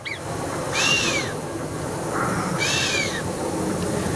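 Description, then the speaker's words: Alpine chamois giving whistling snorts, two breathy blown whistles rising then falling, about two seconds apart, over a steady background hiss. Mountain mammal; sound made with the nose, blowing while whistling, likened to a trumpet or kazoo. "C'est le chamois qui souffle comme ça en sifflant."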